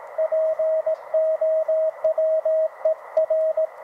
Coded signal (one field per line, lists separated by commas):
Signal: Morse code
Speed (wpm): 18 wpm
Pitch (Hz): 640 Hz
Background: radio noise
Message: POWER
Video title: YouKits QRP Rig Listening ~ Outdoor Cooking ¬ MFJ Tuner